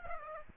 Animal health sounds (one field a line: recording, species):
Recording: mosquito wingbeat signal from an infrared sensor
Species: Aedes aegypti